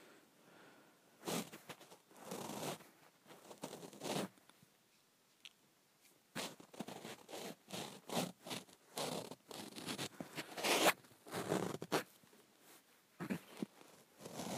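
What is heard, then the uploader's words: Someone works lotion out of the bottom of a bottle in short, squelchy, scraping bursts. The wet rasps come in irregular clusters, each lasting about a second, with brief quiet gaps, and grow busier and denser after six seconds. ASMR Getting Lotion out of the Bottom of the Bottle.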